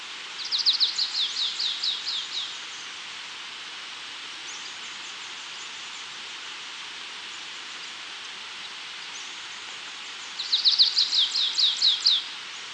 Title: LuckyPassaro Completos2Sama. Stripe-tailed Yellow Finch (Sicalis citrina citrina (ssp assumed from location))